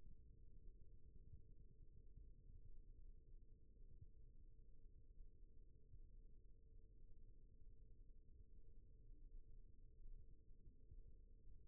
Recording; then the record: forearm muscle sounds (acoustic myography)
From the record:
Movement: rest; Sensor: system 1, eight BSWA MPA416 microphones around the upper forearm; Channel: 4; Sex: male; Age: 18 years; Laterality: right